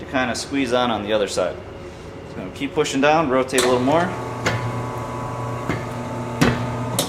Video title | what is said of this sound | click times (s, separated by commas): Tyre changer rajdhani only on UNION COMPRESSOR jodhpur Rajasthan 📞8384967829📞9057432475 | and now it pops on. | 7.0 s